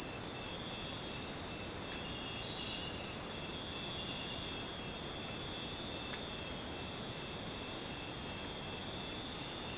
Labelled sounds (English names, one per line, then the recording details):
none
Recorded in dense forest near Puerto Asís, Putumayo, Colombia, on 19 June 2025 at 01:30
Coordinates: 0.484, -76.317
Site G045